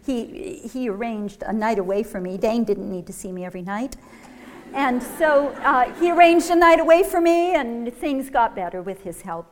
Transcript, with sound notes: He arranged a night away for me. Dane didn't need to see me every [laughter] and so he arranged a night away for me and things got better, with his help.